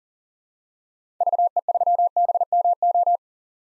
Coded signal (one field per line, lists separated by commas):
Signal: Morse code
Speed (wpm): 40 wpm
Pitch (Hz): 700 Hz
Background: none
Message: VE3BMO